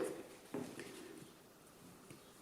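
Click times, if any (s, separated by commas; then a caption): none. An airflow grille insert is slid by hand into a QP Design Fatality 30mm rebuildable vape atomizer tank, with short handling taps and scrapes at about 0.5 s, 0.8 s and 2.1 s over a quiet background. The insert has not clipped into place yet; nothing has seated or clicked.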